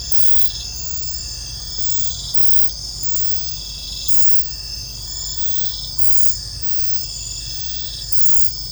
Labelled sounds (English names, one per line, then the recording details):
none
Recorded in secondary vegetation near Puerto Asís, Putumayo, Colombia, on 20 December 2024 at 23:00
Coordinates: 0.499, -76.323
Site G010